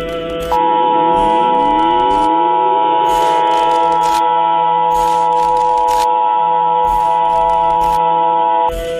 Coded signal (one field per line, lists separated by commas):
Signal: Emergency Alert System (SAME) tones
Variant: 853 and 960 Hz attention tone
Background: music